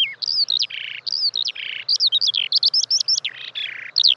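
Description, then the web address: Eurasian skylark song in a short burst, quick chirping notes alternating with buzzy rattling trills, delivered without a break. "fugler sanglerke"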